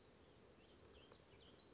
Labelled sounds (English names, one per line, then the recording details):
Blue-gray Gnatcatcher
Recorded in Sonoma County, California